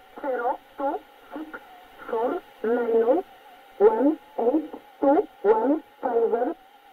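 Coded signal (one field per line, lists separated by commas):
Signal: numbers station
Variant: E11 Oblique, English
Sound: about ten short spoken words read at an even pace in a thin radio voice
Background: radio static, faint carrier tone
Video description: 13375 kHz 1113 Number Station E11 English.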